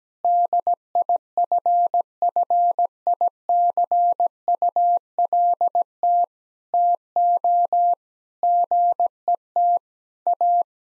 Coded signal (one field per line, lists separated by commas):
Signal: Morse code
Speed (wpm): 17 wpm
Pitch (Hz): 700 Hz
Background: none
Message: DIFFICULT TO GET A